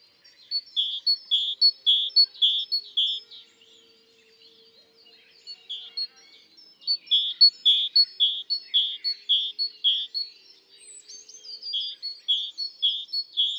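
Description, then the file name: Great tit calling in rapid repeated bursts of bright high notes, several in a row, pausing briefly and resuming twice, with a quiet faint hum beneath. "Parus major"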